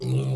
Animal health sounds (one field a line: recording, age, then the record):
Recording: pig call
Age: weaner (32 to 43 days)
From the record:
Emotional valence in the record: negative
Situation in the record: short isolation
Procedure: open field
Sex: female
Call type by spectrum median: low-frequency call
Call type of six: low-frequency stable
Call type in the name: low-frequency stable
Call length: 0.36 s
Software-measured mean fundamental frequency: 65 Hz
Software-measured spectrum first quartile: 131 Hz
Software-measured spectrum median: 193 Hz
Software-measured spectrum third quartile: 604 Hz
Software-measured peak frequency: 127 Hz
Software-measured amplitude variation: 65 dB a second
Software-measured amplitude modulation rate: 20.8 a second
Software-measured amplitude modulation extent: 3.1 dB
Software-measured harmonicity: 6.0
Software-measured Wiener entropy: -1.12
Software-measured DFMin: 1014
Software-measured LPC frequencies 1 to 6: 2587, 3887, 4804, 5702, 6752, 7768 Hz